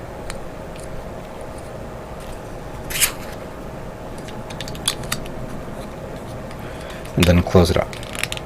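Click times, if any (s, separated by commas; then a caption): none. Two plastic halves of an arm or leg part from a 1/144 HG Barzam model kit are handled and closed together, with light plastic ticks and taps over a steady background hum while someone talks. A short flurry of small clicks comes near the end, but nothing has snapped into place yet.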